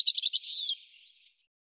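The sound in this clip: European robin song phrase, a brief high thin warble of tumbling notes fading out after about a second.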